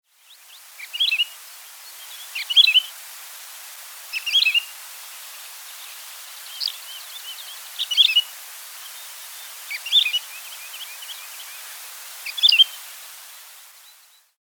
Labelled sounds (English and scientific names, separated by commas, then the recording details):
Wood Lark (Lullula arborea)
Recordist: Tembrock, Günter
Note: Rufe